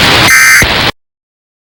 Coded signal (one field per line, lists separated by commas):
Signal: Emergency Alert System (SAME) tones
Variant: end-of-message bursts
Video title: EAS) REQUIRED MONTHLY TEST (SHORT)